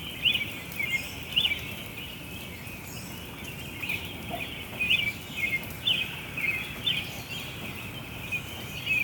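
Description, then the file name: Bird chirps, short bright notes in repeated clusters, over steady background noise. Birds chirping in Chestertown, Maryland, on June 5, 2017. "Birds Chirping Chstertown MD June 5 2017"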